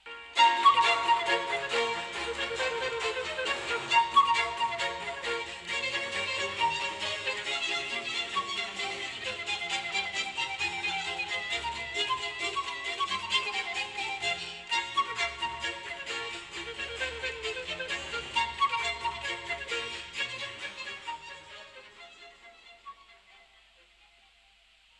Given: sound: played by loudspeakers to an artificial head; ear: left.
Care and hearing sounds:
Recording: music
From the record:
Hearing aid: class 2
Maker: E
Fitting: closed earmoulds, the maker's default for a moderate loss (N3)

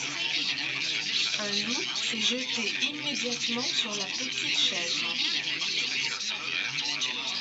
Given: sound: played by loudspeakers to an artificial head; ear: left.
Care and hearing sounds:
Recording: speech in noise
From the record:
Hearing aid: class 1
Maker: A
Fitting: closed earmoulds, the maker's default for a moderate loss (N3)

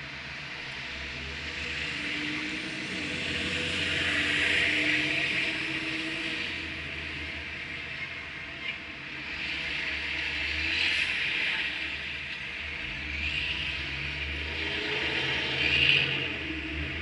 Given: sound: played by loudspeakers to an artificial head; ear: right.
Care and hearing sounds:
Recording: road traffic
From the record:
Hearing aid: class 1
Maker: E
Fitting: closed earmoulds, the maker's default for a moderate loss (N3)

